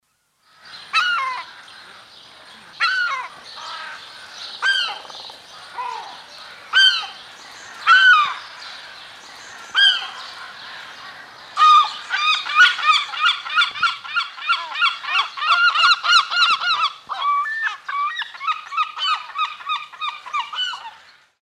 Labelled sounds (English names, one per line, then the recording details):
European Herring Gull
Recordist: Tembrock, Günter
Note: Rufe und Rufreihe